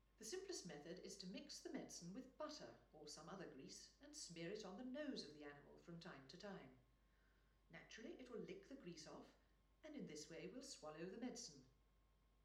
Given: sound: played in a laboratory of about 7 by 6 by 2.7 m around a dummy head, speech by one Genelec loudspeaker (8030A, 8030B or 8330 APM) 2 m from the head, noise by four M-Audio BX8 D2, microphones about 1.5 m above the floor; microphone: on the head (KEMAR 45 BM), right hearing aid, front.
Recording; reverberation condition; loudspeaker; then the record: female speech in English; medium; 60 degrees to the right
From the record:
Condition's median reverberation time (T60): about 510 ms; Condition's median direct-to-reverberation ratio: about -0.5 dB